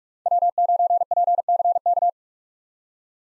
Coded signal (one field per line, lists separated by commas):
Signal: Morse code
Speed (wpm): 44 wpm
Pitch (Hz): 700 Hz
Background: none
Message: W9PCK